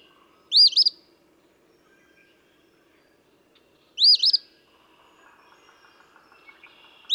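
Eastern phoebe singing a raspy two-part high note, given roughly every three and a half seconds, with faint other bird notes in the background.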